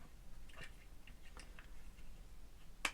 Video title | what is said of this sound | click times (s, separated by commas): Hogworkz plate frame and mount install. #bikerboot #hogworkz | Snaps into place. | 2.8 s